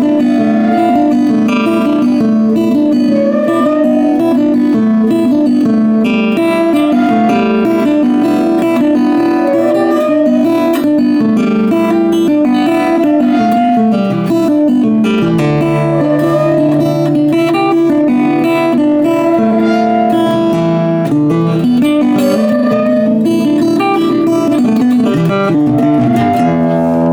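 Guitar improvisation with strings left ringing into bell-like tones, dense overlapping notes sustaining throughout. The sound stays full and steady in level, with warm low-middle chords and bright ringing overtones above, shifting pitch gradually around fifteen and twenty seconds.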